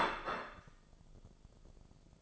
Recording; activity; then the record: daily activity, microphone in the room; place plate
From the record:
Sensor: 5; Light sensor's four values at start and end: 24/59/23/21 and 24/59/23/21